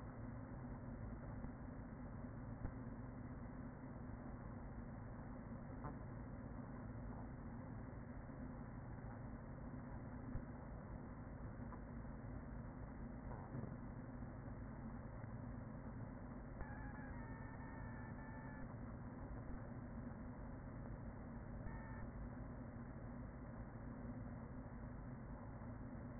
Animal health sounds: honeybee colony, microphone inside the hive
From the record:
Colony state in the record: queen present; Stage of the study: after two queens were removed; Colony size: about 40,000 bees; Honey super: no

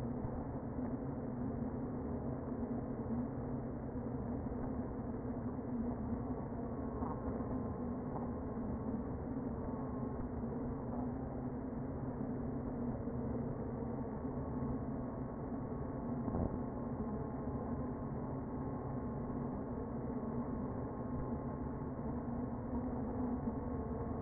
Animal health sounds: honeybee colony, microphone inside the hive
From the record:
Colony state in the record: queen present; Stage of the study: before two queens were removed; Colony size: about 60,000 bees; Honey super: yes

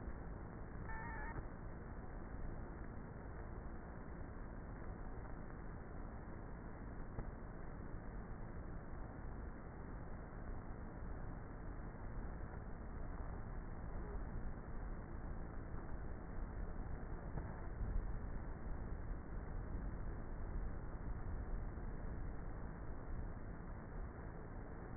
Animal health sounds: honeybee colony, microphone inside the hive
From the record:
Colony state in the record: queenless with a low population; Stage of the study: before two queens were removed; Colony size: about 30,000 bees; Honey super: no

